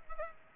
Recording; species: mosquito wingbeat signal from an infrared sensor; Culex pipiens